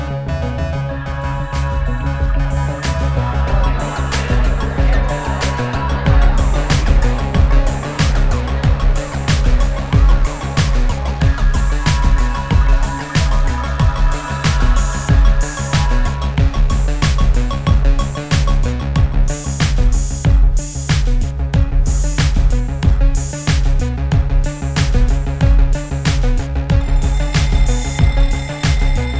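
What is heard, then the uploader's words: Alarms sound continuously with steady low tones and layered higher pitches, punctuated by rapid sharp clicks throughout, growing denser after ten seconds. Sound FXs were sampled in Boeing 737-800 cockpit and passenger cabin during actual operation. Alarms were recorded on the ground during system tests.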